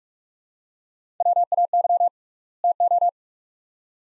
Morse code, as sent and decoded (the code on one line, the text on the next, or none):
.-- .- -.-- / - ---
WAY TO